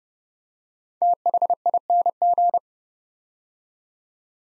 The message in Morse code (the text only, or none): THING